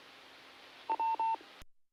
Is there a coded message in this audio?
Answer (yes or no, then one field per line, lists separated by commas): no